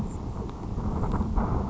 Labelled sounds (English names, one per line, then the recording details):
Grasshopper Sparrow
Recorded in Sonoma County, California